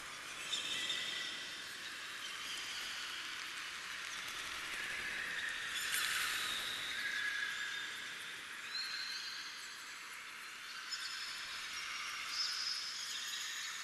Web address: Hollywood Edge sound designer's toolkit v 2. Bird Ambience In Cave Heavy Bird Chirps and Squeaks